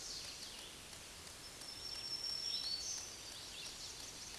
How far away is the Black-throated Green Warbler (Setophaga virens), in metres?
about 20 m